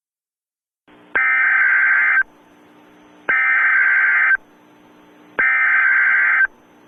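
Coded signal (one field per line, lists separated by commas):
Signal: Emergency Alert System (SAME) tones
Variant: header bursts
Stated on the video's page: EAS test interrupting a livestream.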